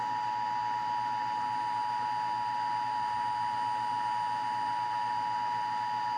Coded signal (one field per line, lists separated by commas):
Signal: Emergency Alert System (SAME) tones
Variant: 853 and 960 Hz attention tone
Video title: EAS Scenario #1 Mouse Infestation